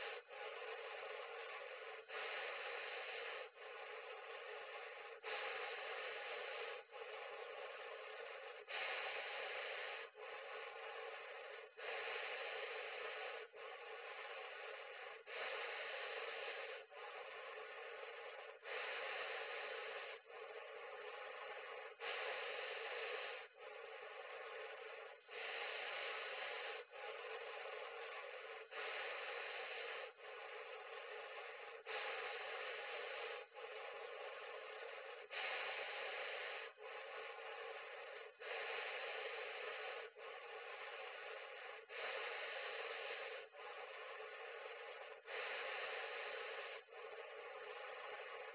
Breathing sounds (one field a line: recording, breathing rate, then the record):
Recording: paced breathing near a phone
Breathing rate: 18 breaths a minute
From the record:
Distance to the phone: 40 cm